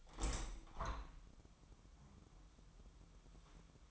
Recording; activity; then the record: daily activity, microphone in the room; open window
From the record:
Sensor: 1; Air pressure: 1006.5 hPa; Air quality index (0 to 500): 208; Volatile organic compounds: 24 ppm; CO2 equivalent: 2802 ppm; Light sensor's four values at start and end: 11/30/11/13 and 12/32/12/14